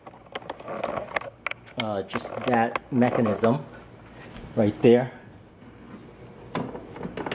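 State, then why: Seated. A folding riser leg latch on an ER KANG hard plastic adjustable aerobic step deck is pushed back into position while someone talks. A few short clacks come early, then a sharp click at 6.6 s as the riser seats and locks in place. A cluster of smaller knocks follows.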